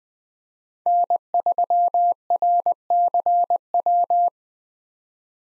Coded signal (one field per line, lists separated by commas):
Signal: Morse code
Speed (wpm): 20 wpm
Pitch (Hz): 700 Hz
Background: none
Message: N3RCW